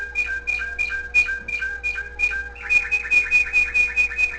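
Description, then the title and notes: Canary song with quick repeated high whistled notes and buzzy pulses, rolling in a fast even rhythm. The uploader's own canary, with background music playing. "mi canario. musica de fondo"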